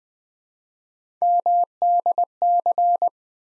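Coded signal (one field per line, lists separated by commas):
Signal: Morse code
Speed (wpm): 20 wpm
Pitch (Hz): 700 Hz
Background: none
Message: MDC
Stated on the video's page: Morse practice of ARRL section abbreviations used in Field Day contest exchanges, 20 wpm, each sent in Morse, spoken, then sent again for head-copy.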